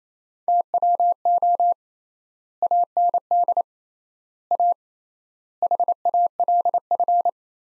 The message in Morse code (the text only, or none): TWO AND A HALF